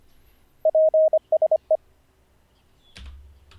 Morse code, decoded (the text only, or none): PSE